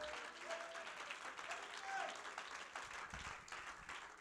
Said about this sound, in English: If you have a revelation and understanding of that, would you clap your hands to the Lord in this place?